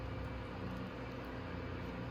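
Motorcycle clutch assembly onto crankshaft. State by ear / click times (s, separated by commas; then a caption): not seated / none. A metal clutch assembly is handled as it is worked back onto the engine shaft of a Venom 125cc motorcycle. A steady low rumble with a faint hum continues throughout, and no distinct clicks stand out. Nothing has seated or clicked yet.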